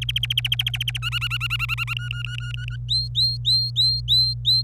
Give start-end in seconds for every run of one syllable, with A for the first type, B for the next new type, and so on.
0.02-0.98 A, 1.02-1.94 B, 1.96-2.76 C, 2.88-4.62 D